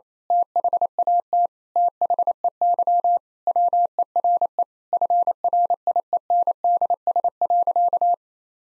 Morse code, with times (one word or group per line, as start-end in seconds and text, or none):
0.3-1.5 THAT
1.8-3.2 THEY
3.5-4.6 WERE
4.9-8.1 FRIENDS.